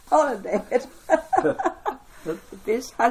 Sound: chuckle